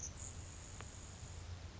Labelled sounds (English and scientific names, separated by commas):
Grasshopper Sparrow (Ammodramus savannarum)